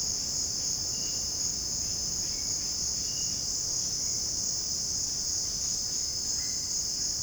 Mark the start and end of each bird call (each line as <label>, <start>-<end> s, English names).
Orange-winged Amazon, 6.37-7.23 s